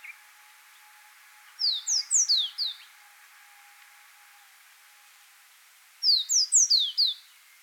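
Yemen serin delivering two short bursts of high, falling notes, a few seconds apart, over low steady hiss.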